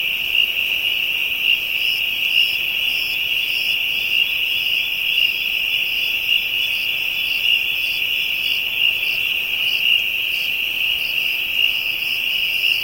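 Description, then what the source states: Insect chorus with a constant shrill ringing tone, small regular accents, and softer buzzy pulses above. Ambient insect chorus from Africa.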